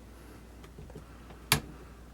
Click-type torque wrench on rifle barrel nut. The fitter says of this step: it just clicked so